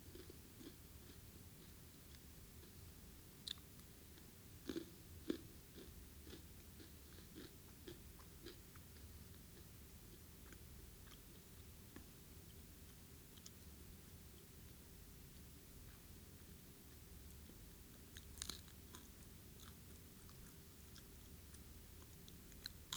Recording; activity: daily activity, guitar pickup as the sensor; eat